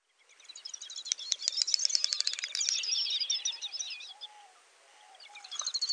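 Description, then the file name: Great snipe producing a burst of quick clicks and high, looping whistled twitters, then a brief lull with a faint lower tone before another burst begins. "dubelt"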